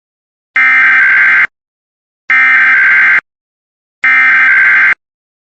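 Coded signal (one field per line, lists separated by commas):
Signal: Emergency Alert System (SAME) tones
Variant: header bursts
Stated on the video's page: Two tests aired on a radio station.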